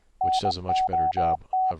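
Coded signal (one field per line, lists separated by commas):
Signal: Morse code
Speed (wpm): 20 wpm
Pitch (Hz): 750 Hz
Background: speech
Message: NOT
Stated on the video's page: Morse code from Windows software: paddles, bugs and keys via serial port keying a raised-cosine code practice oscillator; also FLdigi, softCW, MIDI-keyed oscillator.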